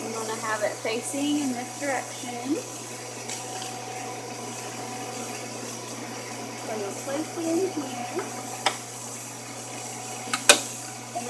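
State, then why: Seated. A Quiklyte multisensor cartridge for the electrolyte module of a Siemens Dimension EXL 200 and Xpand clinical chemistry analyzer is pushed in until it latches, while someone talks over a steady background hum. After a sharp tap at 8.7 s, a smaller click at 10.3 s is followed by the loudest snap at 10.5 s as the sensor seats into place.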